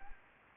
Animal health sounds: mosquito wingbeat signal from an infrared sensor; Anopheles gambiae

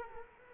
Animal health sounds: mosquito wingbeat signal from an infrared sensor; Culex quinquefasciatus

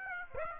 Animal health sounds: mosquito wingbeat signal from an infrared sensor; Aedes aegypti

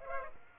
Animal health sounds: mosquito wingbeat signal from an infrared sensor; Aedes aegypti

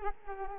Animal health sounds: mosquito wingbeat signal from an infrared sensor; Culex quinquefasciatus

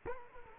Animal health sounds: mosquito wingbeat signal from an infrared sensor; Culex quinquefasciatus

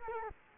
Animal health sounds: mosquito wingbeat signal from an infrared sensor; Culex quinquefasciatus

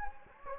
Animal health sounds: mosquito wingbeat signal from an infrared sensor; Anopheles gambiae

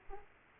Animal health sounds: mosquito wingbeat signal from an infrared sensor; Aedes aegypti

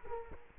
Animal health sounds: mosquito wingbeat signal from an infrared sensor; Culex quinquefasciatus

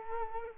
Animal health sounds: mosquito wingbeat signal from an infrared sensor; Culex quinquefasciatus

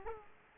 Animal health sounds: mosquito wingbeat signal from an infrared sensor; Aedes aegypti

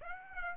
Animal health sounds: mosquito wingbeat signal from an infrared sensor; Aedes aegypti

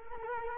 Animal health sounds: mosquito wingbeat signal from an infrared sensor; Culex quinquefasciatus

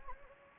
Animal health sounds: mosquito wingbeat signal from an infrared sensor; Anopheles gambiae

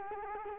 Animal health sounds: mosquito wingbeat signal from an infrared sensor; Culex quinquefasciatus

